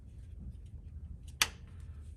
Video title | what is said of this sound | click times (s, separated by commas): HOW TO INSTALL CORVETTE SERVO 4l60E/4l65E, Transmission Fluid and Filter, Torque Converter Selenoid | just like that you'll hear it pop | 1.4 s